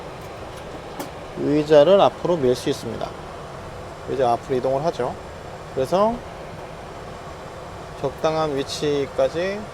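A pilot pulls the release lever and slides the captain's cockpit seat forward along its seat track. Someone talks in short bursts over a steady low background hum. The seat has not locked or clicked into place yet.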